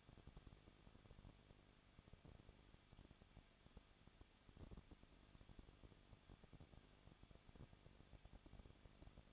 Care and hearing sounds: daily activity, microphone in the room; no activity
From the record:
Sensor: 4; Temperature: 23.1 degrees Celsius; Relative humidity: 34.1%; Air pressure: 1007.2 hPa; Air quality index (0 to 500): 214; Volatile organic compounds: 14 ppm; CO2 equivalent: 2470 ppm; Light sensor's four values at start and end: 2/3/1/1 and 2/3/1/1

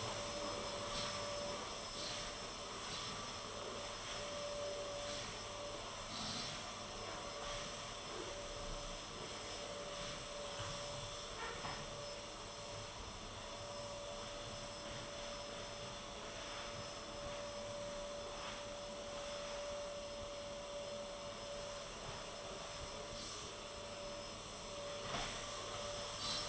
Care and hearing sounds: daily activity, microphone in the room; vacuum cleaning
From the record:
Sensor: 4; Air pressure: 1012.7 hPa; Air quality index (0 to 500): 249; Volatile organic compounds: 5 ppm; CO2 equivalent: 1706 ppm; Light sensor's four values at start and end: 13/30/12/11 and 13/29/11/11

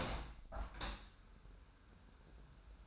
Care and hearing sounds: daily activity, microphone in the room; open window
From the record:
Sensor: 2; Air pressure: 999.8 hPa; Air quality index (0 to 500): 225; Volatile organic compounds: 55 ppm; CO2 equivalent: 3358 ppm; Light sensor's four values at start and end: 8/19/8/8 and 8/19/8/8

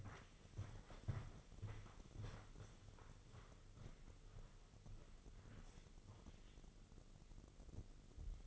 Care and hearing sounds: daily activity, microphone in the room; walk to room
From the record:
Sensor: 4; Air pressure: 996.3 hPa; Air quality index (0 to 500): 76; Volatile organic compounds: 3 ppm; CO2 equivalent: 1440 ppm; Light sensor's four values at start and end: 18/50/19/20 and 19/52/20/21

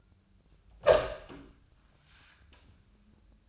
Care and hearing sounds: daily activity, microphone in the room; open door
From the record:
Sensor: 2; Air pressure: 1004.7 hPa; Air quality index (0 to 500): 73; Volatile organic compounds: 1 ppm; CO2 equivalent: 865 ppm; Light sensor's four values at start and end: 7/16/6/6 and 7/16/6/6

